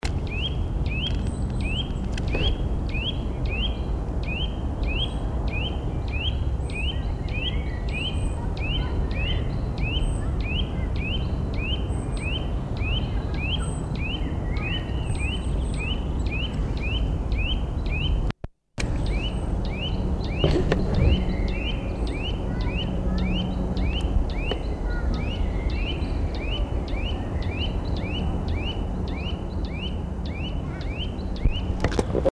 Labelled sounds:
Eurasian Nuthatch call
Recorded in the wild
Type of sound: call
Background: Homo sapiens
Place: Garmisch-Partenkirchen, Bayern, DE
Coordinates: 47.5053, 11.0797
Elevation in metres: 778
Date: 1980-03-28
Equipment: Uher 4000 Report, Sennheiser MKH 815 T
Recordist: Tretzel, Erwin
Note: Kramerplateauweg, Garmisch-Partenkirchen: Rufe "tüit"

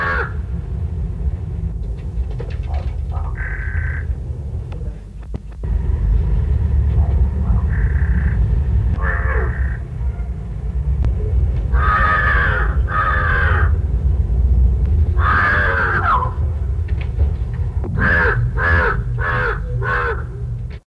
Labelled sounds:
Large-billed Crow call
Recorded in captivity
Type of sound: call
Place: Zoo Hannover, Niedersachsen, DE
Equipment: Halbspur, 9,5 cm/s
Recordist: Lütgens, Hans
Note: Rufe

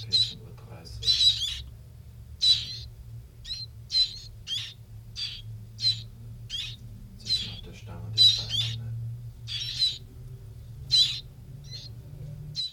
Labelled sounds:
Willow Warbler call
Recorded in captivity
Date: 1966-06-16 14:30
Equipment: Nagra III BH, Sennheiser MD 21
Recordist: Schubert, Michael

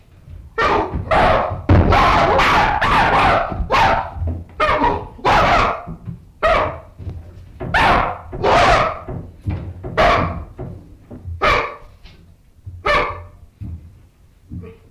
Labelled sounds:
Chimpanzee
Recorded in captivity
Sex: group
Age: subadult
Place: Zoo Leipzig, Sachsen, DE
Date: 1965-03-26 18:45
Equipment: Telefunken Magnetophon 300, Sennheiser MD 421, Transistorverstärker
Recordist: Tembrock, Günter
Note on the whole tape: Erregungslaute einer Gruppe (4 Halbwüchsige), als ein halbwüchsiger Orang-Mann vorgeführt wird (Abstand 2 m)

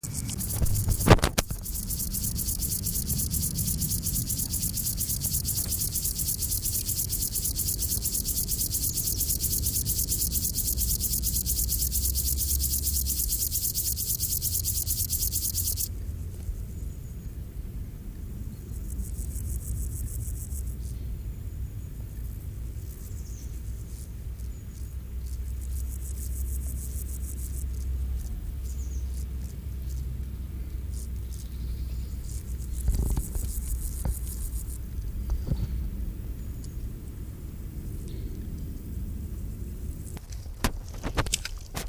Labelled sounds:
Upland Field Grasshopper stridulation
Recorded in the wild
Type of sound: stridulation
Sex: male
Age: imago
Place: Hakenfelde, Spandauer Forst, Berlin, DE
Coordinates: 52.58, 13.17
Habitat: Waldwiese
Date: 1997-08-17 16:09
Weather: 28°C, heiter, windig
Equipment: Sony MD-WM MZ-R3, Sennheiser MKH 416 T, Kopie Uher 4000 Report Monitor
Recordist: Tembrock, Günter
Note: Männchen (allein): Stridulation (in Sonne)

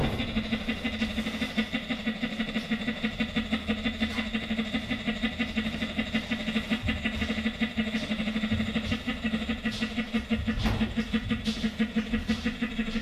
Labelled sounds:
Sun Bear call
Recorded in captivity
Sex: female
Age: adult
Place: Tierpark Berlin, Berlin, DE
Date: 1967-02-12 10:35
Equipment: R 20/1, Sennheiser MD 421
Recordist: Tembrock, Günter

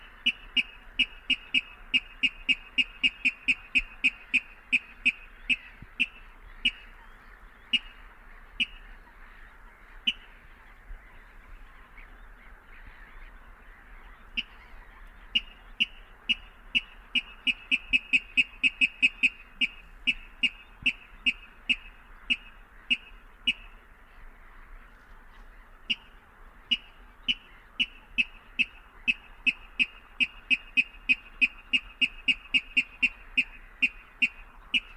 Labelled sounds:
Water Rail
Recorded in the wild
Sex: male
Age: adult
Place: Kützerhof, Kummerower See, Mecklenburg-Vorpommern, DE
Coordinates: 53.8486, 12.8594
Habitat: wetland
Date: 2009-05-04 23:51
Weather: heiter, fast windstill, 6°C
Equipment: Sound Devices 702, Sennheiser MKH 70, Rycote Windschutz
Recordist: Frommolt, Karl-Heinz

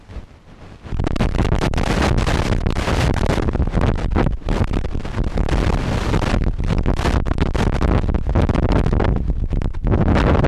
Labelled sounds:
Arctic Fox
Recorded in the wild
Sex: male
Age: adult
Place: Insel Mednyi, Kommandeur-Inseln, RU
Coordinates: 54.5167, 168.083
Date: 1999-08-24 19:32
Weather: 8°C, ausgezeichnete Sicht, fast windstill
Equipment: Sony WM-D6C, Sennheiser ME 80, K 30 AV, Windkorb, Kopie Tascam DA 30
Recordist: Jakupi, Antje

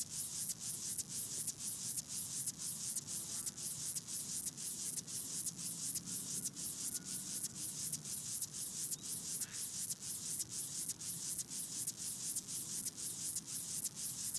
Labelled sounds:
Upland Field Grasshopper stridulation
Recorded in the wild
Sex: male
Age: imago
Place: Hobrechtsfelder Rieselfelder, Barnim, Brandenburg, DE
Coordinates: 52.6692, 13.48
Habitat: meadow
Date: 2012-09-02 17:23
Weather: 20°C, cloudy, almost windless
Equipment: Sound Devices 702, Sennheiser MKH 415 T, Rhode Windschutz
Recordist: Frommolt, Karl-Heinz

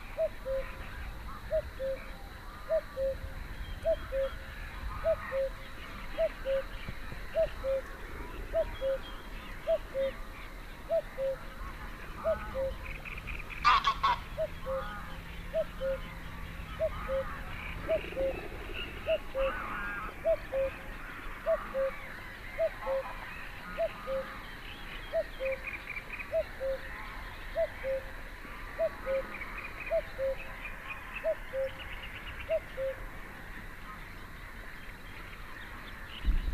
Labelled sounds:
Common Cuckoo
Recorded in the wild
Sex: male
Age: adult
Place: Warsow, Kummerower See, Mecklenburg-Vorpommern, DE
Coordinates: 53.8342, 12.8486
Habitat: wetland
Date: 2013-05-23 18:55
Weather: cloudy, weak wind, 15°C
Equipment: Sound Devices 702, Sennheiser MKH 70, Rycote Windschutz
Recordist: Frommolt, Karl-Heinz
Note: Rufe eines Kuckucks

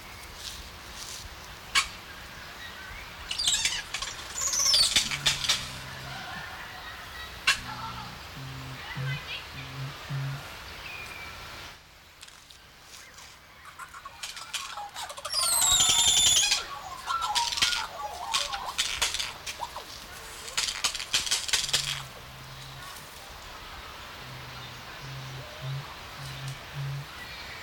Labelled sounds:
Yellow-faced Myna
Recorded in captivity
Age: adult
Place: Zoo Berlin, Berlin, DE
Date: 1994-01-08 11:15
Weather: wolkig bis sonnig, 6 °C
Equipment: Marantz CP 430, Sennheiser MKH 416 T, Kopie Uher Variocord 263
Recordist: Tembrock, Günter

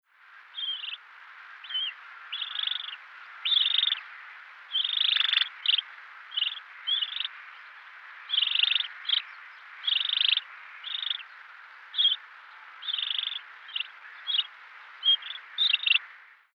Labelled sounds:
Common Crane
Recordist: Tembrock, Günter
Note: Rufe und Triller eines Jungvogels

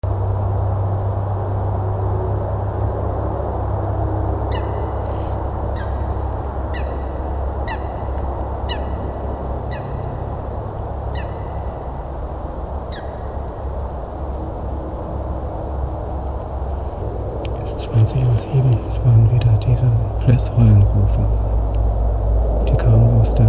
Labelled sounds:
Tawny Owl call
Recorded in the wild
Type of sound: call
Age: adult
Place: Altsorgefeld, NSG Rochauer Heide, Brandenburg, DE
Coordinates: 51.7842, 13.555
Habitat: wood
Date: 2007-03-08 20:07
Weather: bedeckt, 7-8 °C, schwacher Wind
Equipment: Sound Devices 702, Sennheiser MKH 70, Windkorb
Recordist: Frommolt, Karl-Heinz
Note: Blessrallenartige Rufe, die mit großer Sicherheit dem Waldkauz zuzuordnen sind. Kurze Zeit später rief von dem Ort ein Waldkauz. Aufnahme um 20 dB verstärkt

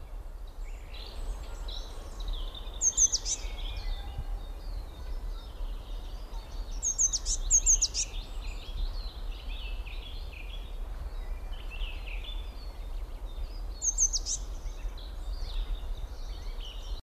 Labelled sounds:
Eurasian Blue Tit call
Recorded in the wild
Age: adult
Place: Summt, Brandenburg, DE
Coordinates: 52.6903, 13.3625
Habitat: garden
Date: 1991-04-13 14:34
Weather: sunny, 18 °C
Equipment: Marantz, Sennheiser ME 80, Kopie Tesla B 116
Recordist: Tembrock, Günter
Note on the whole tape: Summt (Grundstück). Rufe

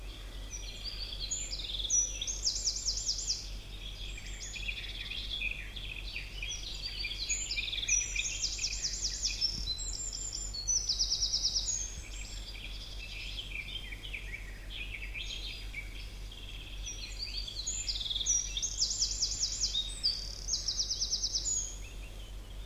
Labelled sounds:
Eurasian Wren
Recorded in the wild
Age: adult
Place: Marburg, DE
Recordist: Brunner, Thomas
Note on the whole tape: Aufnahme: Marburg / Lahn, Hessen

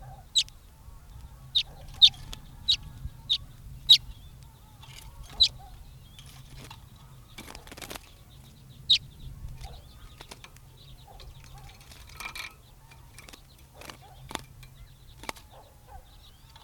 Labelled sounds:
Common Redpoll call
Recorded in captivity
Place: Putgarten, Insel Rügen, Mecklenburg-Vorpommern, DE
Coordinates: 54.678, 13.427
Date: 1978-01-08
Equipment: Nagra III BH, Sennheiser MD 21, parabola
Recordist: Schubert, Michael

